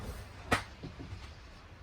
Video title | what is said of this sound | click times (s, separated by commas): 2020 surveyor 203RKLE walk through | making sure that locks into place. | 0.5 s